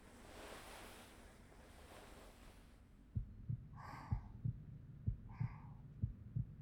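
Rustling noise for about three seconds, then a regular, normal adult heartbeat at about 62 beats per minute, with distinct paired lub-dub sounds, heard through the back in an ASMR roleplay.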